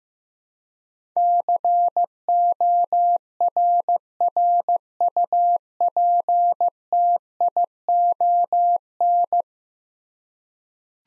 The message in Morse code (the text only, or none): CORRUPTION